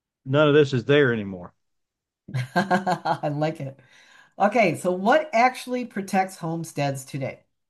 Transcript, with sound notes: None of this is there anymore.
(laughs) I like it. Okay, so what actually protects homesteads today?